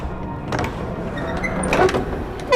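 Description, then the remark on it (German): An old church door, barely hanging on its hinges, is pushed open with a low, grinding scrape, a few thin squeaky creaks rising partway through, then a sharper knock as it comes to a stop. “Die Tür hält sich kaum in den Angeln.”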